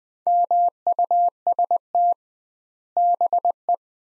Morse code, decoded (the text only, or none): MUST BE